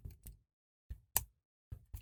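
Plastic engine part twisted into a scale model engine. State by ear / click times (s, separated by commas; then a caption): seated / 1.2 s. A plastic engine part for a 1:8 scale 1966 Batmobile model from Fanhome is twisted into the scale model engine. Short handling rustles and taps are heard, and a sharp click at 1.2 s marks the twist-lock part locking into position. The part is seated and holds firm.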